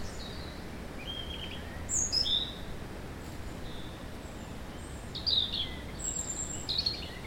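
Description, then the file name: European robin giving high whistled notes and quick descending note series in a few scattered phrases, with low background noise throughout. "Erithacus rubecula"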